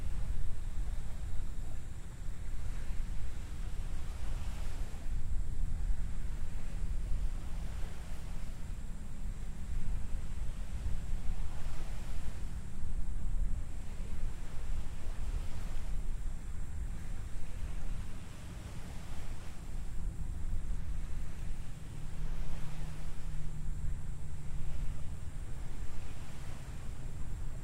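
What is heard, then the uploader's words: Water washes against the shore at Naval Live Oaks Nature Preserve under a steady, heavy rush of wind, with a deep rumble throughout. Brief swells of surf rise every few seconds, around 5, 12, 20 and 25 seconds, while a faint low hum drifts underneath. Naval Live Oaks Nature Preserve, Florida.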